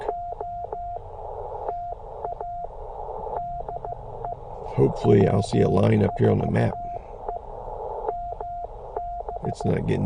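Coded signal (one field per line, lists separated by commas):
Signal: Morse code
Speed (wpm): 16 wpm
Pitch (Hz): 690 Hz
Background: speech, radio noise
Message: OTA DE W4EMB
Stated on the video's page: POTA activation at 5 watts QRP on a Penntek TR45L with a Bamatech TP III key, rough band conditions.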